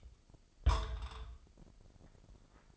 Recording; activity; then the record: daily activity, microphone in the room; place on stove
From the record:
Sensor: 5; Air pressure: 995.5 hPa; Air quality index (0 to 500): 100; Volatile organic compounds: 6 ppm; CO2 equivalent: 1917 ppm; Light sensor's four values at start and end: 24/58/22/21 and 24/58/22/21